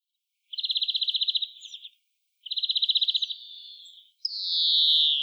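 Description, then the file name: European greenfinch trill: two fast, even rattling trills of repeated notes, each trailing off, followed by a long, harsh, wheezy note. "Chloris chloris"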